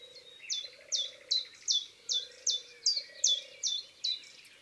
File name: Mesange a longue queue Chants doiseaux des bois et des forets